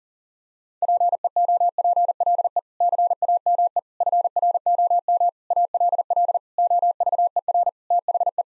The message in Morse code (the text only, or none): PEOPLE CAME FROM ALL OVER THE